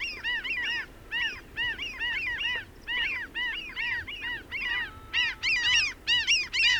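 Bird chorus of rough arched honking notes, steady at first, then growing louder and denser toward the end.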